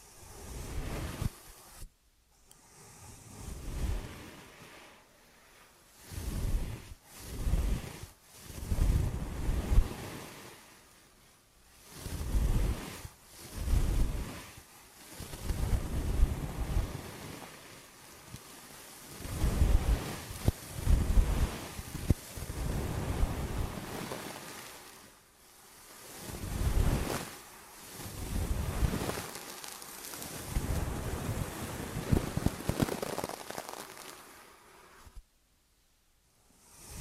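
Ear and scalp massage: muffled rubbing and brushing strokes surge and fade in irregular bursts about a second or two long, deep and whooshing like wind against the microphone. Brief silent pauses fall near the start and at the very end.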